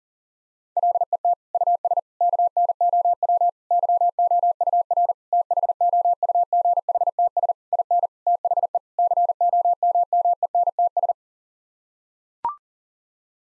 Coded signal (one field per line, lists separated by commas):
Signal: Morse code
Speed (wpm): 40 wpm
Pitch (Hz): 700 Hz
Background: none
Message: LET US KNOW YOUR THOUGHTS IN THE COMMENTS